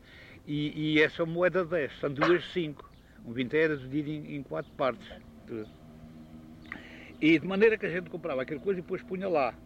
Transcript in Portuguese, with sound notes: E E essa moeda de dez são duas de cinco. Um vintém era dividido em em quatro partes, tudo. [pausa] E de maneira que a gente comprava aquele coiso e depois punha lá.